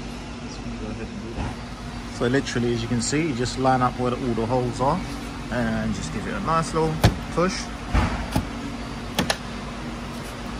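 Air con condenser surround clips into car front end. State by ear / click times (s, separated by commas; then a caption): seated / 9.2 s, 9.3 s. A man talks over a steady low hum while fitting the air con condenser surround into the front end of a Nissan Qashqai J11, lining up the holes and giving it a long push. Its plastic clips click into place with two sharp snaps at 9.2 s and 9.3 s, and the part is seated and secure.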